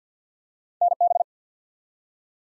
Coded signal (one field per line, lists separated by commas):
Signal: Morse code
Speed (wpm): 48 wpm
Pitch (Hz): 700 Hz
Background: none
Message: NB